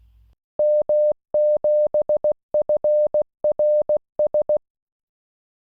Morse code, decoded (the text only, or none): M7FRS